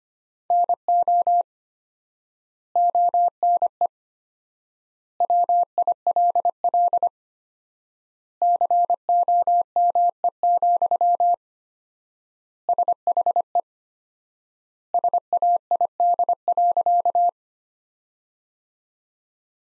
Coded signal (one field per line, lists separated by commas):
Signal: Morse code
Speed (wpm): 25 wpm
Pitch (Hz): 700 Hz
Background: none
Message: NO ONE WILL COME, SHE SAID.